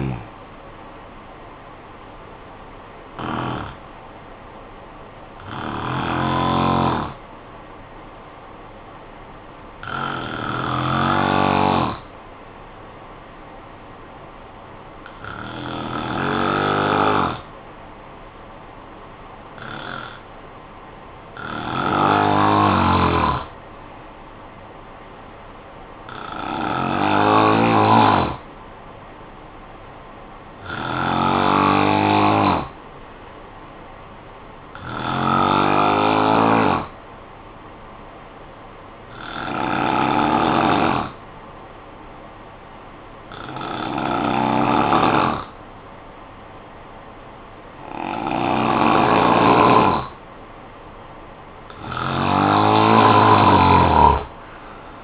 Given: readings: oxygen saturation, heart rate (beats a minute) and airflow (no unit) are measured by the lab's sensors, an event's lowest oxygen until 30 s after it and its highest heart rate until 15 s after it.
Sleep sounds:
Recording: breathing in sleep by a voice recorder at the bedside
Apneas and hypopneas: 1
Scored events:
5.00-50.50 s: hypopnea (N1, oxygen 96% highest, then 88% lowest, heart rate 52 at the start, 75 highest)
7.00-55.03 s: new sleep stage, N2 (light sleep)
From the record:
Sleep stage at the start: N1 (lightest sleep)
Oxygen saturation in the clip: 92 to 96%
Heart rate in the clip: 51 to 56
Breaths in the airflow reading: 14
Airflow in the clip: -11.5 to 6.5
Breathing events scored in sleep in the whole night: 445 in 7.6 hours asleep

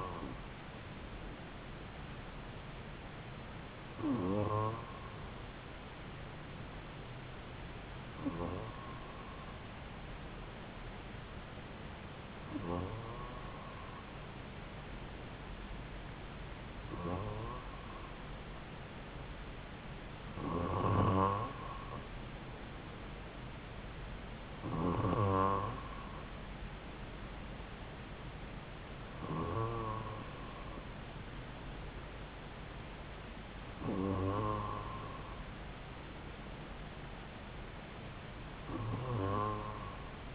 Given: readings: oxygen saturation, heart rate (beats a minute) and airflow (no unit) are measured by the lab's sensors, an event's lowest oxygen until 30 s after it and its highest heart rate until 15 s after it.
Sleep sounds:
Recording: breathing in sleep by a voice recorder at the bedside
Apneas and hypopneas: none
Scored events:
none scored
From the record:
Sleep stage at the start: N2 (light sleep)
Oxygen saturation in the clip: 94 to 96%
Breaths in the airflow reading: 10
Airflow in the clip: -2.8 to 2.8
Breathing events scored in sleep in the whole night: 270 in 6.1 hours asleep

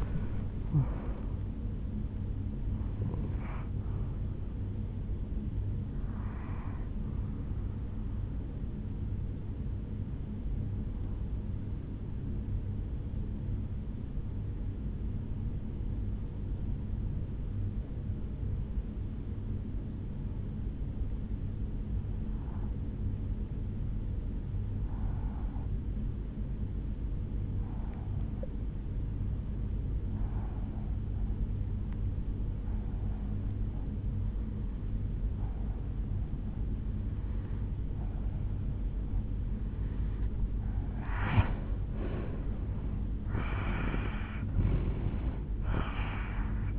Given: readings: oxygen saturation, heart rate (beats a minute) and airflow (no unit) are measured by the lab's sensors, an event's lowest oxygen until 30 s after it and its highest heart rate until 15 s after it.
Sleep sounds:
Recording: breathing in sleep by a smartphone at the bedside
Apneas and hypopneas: 1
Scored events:
19.00-41.10 s: obstructive apnea (N1, oxygen 96% highest, then 86% lowest, heart rate 57 at the start, 74 highest)
19.00-46.79 s: new sleep stage, N2 (light sleep)
From the record:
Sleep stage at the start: N1 (lightest sleep)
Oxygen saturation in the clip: 84 to 96%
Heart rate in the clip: 56 to 82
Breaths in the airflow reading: 3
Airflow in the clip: -9.2 to 10.1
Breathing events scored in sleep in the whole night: 449 in 7.0 hours asleep

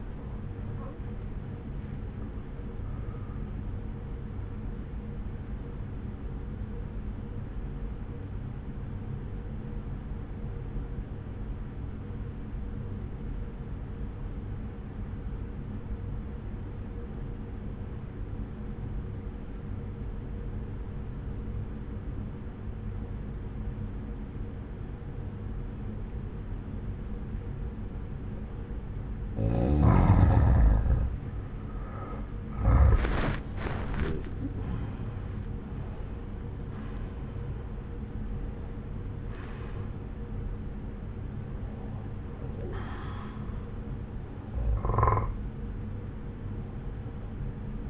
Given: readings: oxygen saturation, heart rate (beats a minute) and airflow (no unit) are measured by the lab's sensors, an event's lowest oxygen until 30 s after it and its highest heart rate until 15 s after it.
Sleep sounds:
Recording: breathing in sleep by a smartphone at the bedside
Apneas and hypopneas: 1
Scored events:
6.00-30.30 s: obstructive apnea (N1, oxygen 94% highest, then 86% lowest, heart rate 62 at the start, 73 highest)
10.00-47.90 s: new sleep stage, N2 (light sleep)
From the record:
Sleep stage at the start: N1 (lightest sleep)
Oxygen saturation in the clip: 86 to 94%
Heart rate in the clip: 58 to 73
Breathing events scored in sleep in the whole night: 303 in 8.1 hours asleep

